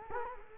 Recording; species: mosquito wingbeat signal from an infrared sensor; Culex quinquefasciatus